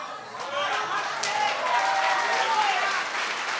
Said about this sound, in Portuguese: Obrigado. Salva de palmas aos nossos atores, em nome de Yeshua.